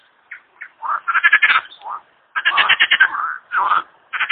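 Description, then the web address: Frogs croaking in rapid pulsed bursts, rattling trains broken by shorter single croaks, with brief silent gaps between bouts. "kumkanie zab i spiew slowika"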